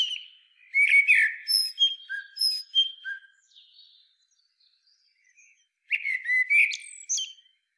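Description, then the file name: Common blackbird song with fluted phrases and faint thin squeaks, then a pause and another rich warbled phrase. "Turdus merula"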